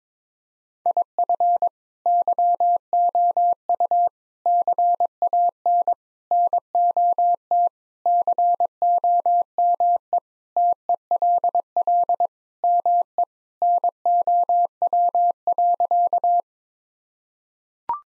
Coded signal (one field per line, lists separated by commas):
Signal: Morse code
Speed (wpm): 22 wpm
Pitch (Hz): 700 Hz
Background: none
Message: IF YOU CAN NOT COME TELL ME NOW.